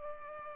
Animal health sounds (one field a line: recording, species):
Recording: mosquito wingbeat signal from an infrared sensor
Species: Culex pipiens